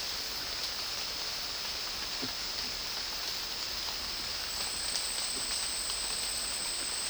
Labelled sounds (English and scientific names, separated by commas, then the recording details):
none
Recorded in dense forest near Puerto Asís, Putumayo, Colombia, on 18 February 2024 at 13:30
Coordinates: 0.499, -76.324
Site G6469